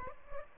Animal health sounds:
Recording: mosquito wingbeat signal from an infrared sensor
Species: Aedes aegypti

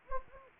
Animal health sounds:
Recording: mosquito wingbeat signal from an infrared sensor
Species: Anopheles gambiae

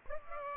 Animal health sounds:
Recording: mosquito wingbeat signal from an infrared sensor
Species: Aedes aegypti

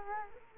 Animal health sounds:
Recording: mosquito wingbeat signal from an infrared sensor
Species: Culex quinquefasciatus

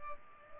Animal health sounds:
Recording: mosquito wingbeat signal from an infrared sensor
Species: Culex pipiens

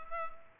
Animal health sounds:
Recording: mosquito wingbeat signal from an infrared sensor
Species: Culex pipiens

